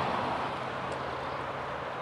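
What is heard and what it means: A clutch cover is being refitted onto a chainsaw body while the chain tensioner screw is turned to line up the cover's peg. Only a steady, broadband rumble with a low hum is heard throughout, with no distinct click or pop. The cover has not popped into place or seated yet.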